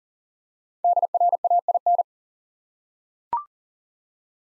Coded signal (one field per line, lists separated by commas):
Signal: Morse code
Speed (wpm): 38 wpm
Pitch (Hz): 700 Hz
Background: none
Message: DRAIN